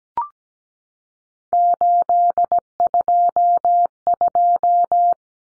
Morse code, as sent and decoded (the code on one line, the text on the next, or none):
---.. ..--- ..---
822